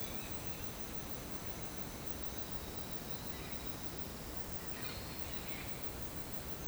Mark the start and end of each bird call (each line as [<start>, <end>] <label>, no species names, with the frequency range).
[0.00, 0.62] bird call (1.2-4.5 kHz)
[4.67, 5.70] bird call (1.4-4.2 kHz)